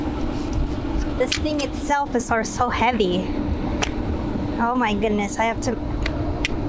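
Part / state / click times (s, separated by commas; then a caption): CHAdeMO EV charging adapter onto its charging connector / seated / 6.4 s. A heavy, bulky CHAdeMO EV charging adapter is fitted into its mating charging connector while someone struggles with its weight and talks. Over a steady low hum, short knocks land at about 3.8 and 6.1 seconds. A sharp click at 6.5 seconds marks the adapter seating in place.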